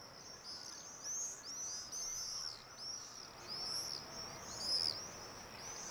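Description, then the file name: Swifts giving shrill, high-pitched screams in short arching bursts, repeated in quick succession as several calls overlap over faint background hiss. "Martinets"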